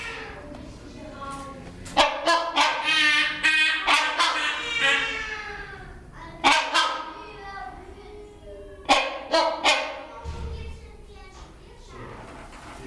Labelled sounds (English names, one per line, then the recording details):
Trumpeter Hornbill call
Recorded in captivity
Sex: male
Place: Zoo Berlin, Berlin, DE
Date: 1996-05-05 15:47
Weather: bedeckt, 8°C
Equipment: Sony MD-WM MZ-R3, Sennheiser MKH 416 T, Kopie Uher 4000 Report Monitor
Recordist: Tembrock, Günter